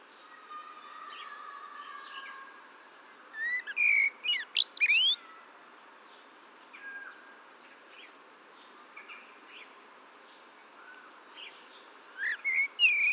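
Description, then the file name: Common blackbird singing a burst of piping, looping whistles midway, with faint bird chatter around and one more brief phrase near the end. "Turdus merula"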